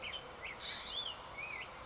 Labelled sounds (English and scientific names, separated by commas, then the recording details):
Black-headed Grosbeak (Pheucticus melanocephalus)
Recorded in Sonoma County, California